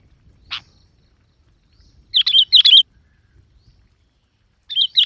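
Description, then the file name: Yellow-vented bulbul: after a sharp click, a yellow-vented bulbul sings two bursts of liquid, tumbling notes, followed by a shorter warbled phrase at the end. "Tieng chao mao dit vang"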